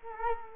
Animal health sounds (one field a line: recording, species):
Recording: mosquito wingbeat signal from an infrared sensor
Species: Culex quinquefasciatus